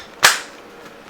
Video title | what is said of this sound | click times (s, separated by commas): GEL BLASTER Gun UNBOXING AND TESTING! These are so fun! | and that snaps into place. | 0.2 s